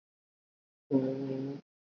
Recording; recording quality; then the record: sustained vowel as in boot; moderate, slight background noise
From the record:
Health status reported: recovered from COVID-19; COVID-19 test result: negative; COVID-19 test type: RT-PCR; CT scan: not taken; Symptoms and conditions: cough, cold, sore throat, fever, fatigue, muscle pain, loss of smell and taste, diarrhoea, asthma, diabetes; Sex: female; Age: 32 years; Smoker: no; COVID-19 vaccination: both doses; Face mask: worn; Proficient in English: yes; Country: India